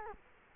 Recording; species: mosquito wingbeat signal from an infrared sensor; Culex quinquefasciatus